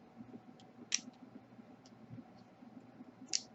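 A plastic cooling fan unit is slid over its mount inside a computer chassis and snaps into place, seated. Two sharp clicks ring out at 0.9 s and 3.4 s, with fainter ticks in between over a low, steady hum.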